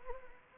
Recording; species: mosquito wingbeat signal from an infrared sensor; Anopheles gambiae